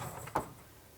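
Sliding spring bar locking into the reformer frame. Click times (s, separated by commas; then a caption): 0.4 s. The handle under the sliding metal spring bar of a Clinical Pilates reformer is pulled up, and the bar slides along its track with a soft rubbing noise. A sharp click at 0.4 s marks the bar locking into position in the reformer frame, followed by quiet.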